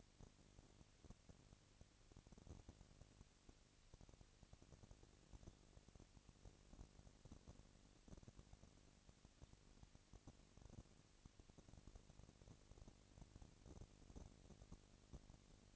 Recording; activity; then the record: daily activity, microphone in the room; no activity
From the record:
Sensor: 4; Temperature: 22.5 degrees Celsius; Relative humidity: 33.4%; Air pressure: 999.7 hPa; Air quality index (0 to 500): 230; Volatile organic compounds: 20 ppm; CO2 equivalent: 2703 ppm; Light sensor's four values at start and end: 2/3/1/1 and 2/3/1/1